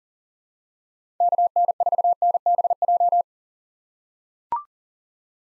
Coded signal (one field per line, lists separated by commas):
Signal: Morse code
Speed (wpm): 40 wpm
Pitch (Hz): 700 Hz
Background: none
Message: KN4NBJ